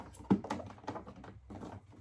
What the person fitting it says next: Now, it clicks in and it's flush.